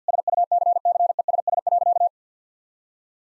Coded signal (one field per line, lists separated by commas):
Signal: Morse code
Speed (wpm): 50 wpm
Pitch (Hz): 700 Hz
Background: none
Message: SUCCESS.